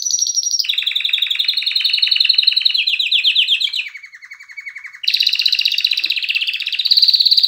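Canary singing a long chain of rapid trills, stepping from high notes down to rolling lower tours, a quieter stretch, then loud high repeated notes.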